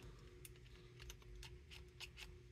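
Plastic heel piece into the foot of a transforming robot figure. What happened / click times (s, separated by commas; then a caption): The plastic heel piece did not click into place / none. While converting a Transformers Studio Series 86-26 Swoop figure back to robot mode, the plastic heel piece is pushed back into the foot. A few short, light plastic ticks and taps sound over a steady low hum, but the heel does not click into place.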